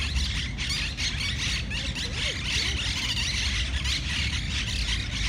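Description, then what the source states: Monk parakeets giving grating, scratchy squawks in quick succession, with a constant low traffic hum beneath. Monk parakeets in Parc de la Ciutadella, Barcelona, on 20 September 2019.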